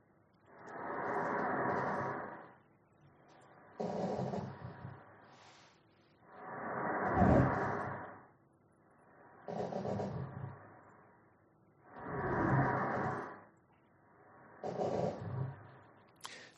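Breath sounds from the chest wall at the lung bases of an adult who has smoked for about 20 years, heard through a digital stethoscope. There is a wheeze from fluttering airways, and clicky, static-like crackles, including Velcro-like crackles at the end of inspiration, from mucus, tissue unsticking and stiff, scarred lung tissue.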